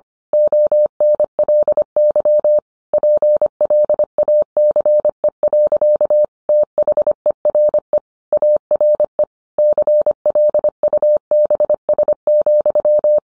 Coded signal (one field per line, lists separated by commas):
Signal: Morse code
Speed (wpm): 25 wpm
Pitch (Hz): 600 Hz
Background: none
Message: ONLY PLACE. THERE ARE CLUBS,